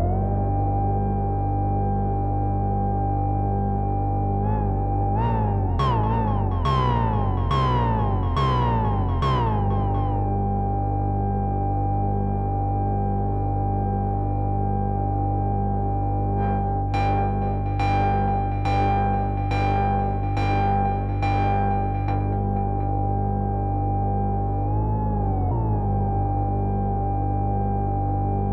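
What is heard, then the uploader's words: A synthesizer drone from oscillators holds a steady, buzzing low tone throughout, with a constant higher whistle on top. Around 5–9 seconds and again near 17–23 seconds, rapid bursts of bright, stepping blips chatter over it, with brief wobbles near 5 and 25 seconds. SH - 7 Front Panel Exploration (not music). Just messing with front panel. Oscillators, filters, ring mod, sample & hold, etc.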